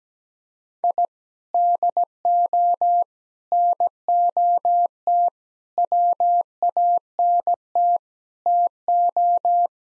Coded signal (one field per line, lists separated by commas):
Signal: Morse code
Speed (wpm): 17 wpm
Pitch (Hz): 700 Hz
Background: none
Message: I DO NOT WANT TO